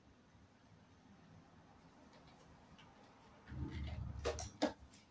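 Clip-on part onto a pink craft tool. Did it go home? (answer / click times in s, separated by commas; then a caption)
yes / 4.4 s. A clip-on part is fitted onto a pink craft tool. After quiet handling noise that grows louder from about 3.5 s, a short sharp snap at 4.4 s marks the part seating into place, followed by a softer tap at 4.9 s.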